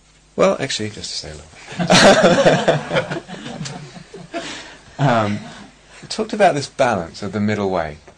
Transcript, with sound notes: Well, actually, just to say a little bit. [laughter] I talked about this balance of the Middle Way.